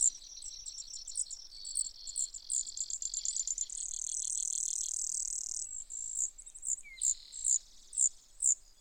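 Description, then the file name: Brewer's sparrow song of high trills and a long, level buzz, followed by sharp separate chip notes; the phrases are rather soft. "Brewer's Sparrow"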